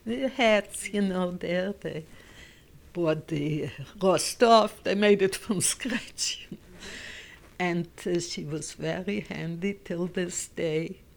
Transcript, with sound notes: Hats, you know, there, they bought the raw stuff, they made it from scratch, you know. ( she laughs ) And she was very handy till this day.